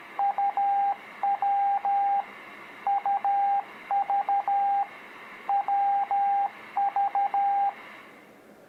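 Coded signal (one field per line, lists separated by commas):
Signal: Morse code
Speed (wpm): 13 wpm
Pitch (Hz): 800 Hz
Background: radio noise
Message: UW UV WV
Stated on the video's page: Beginner Morse practice of letters U, V and W for kids.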